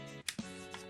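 The folding arm lock on a DJI Osmo 6 handheld phone gimbal is worked again, and it seats with a sharp, audible click at 0.3 s, unlike the previous model (Osmo 5), whose lock makes no click. Fainter ticks follow at about 0.4 s and 0.7 s over steady background music.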